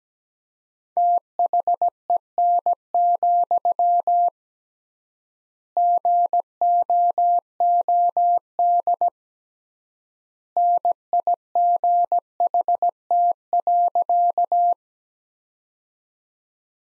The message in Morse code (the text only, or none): THEN, GOOD NIGHT.